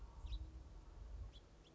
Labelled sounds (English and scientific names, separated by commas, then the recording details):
House Finch (Haemorhous mexicanus)
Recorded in Sonoma County, California